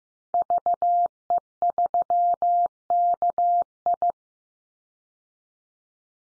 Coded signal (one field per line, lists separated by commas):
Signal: Morse code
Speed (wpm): 15 wpm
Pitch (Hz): 700 Hz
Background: none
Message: VE3KI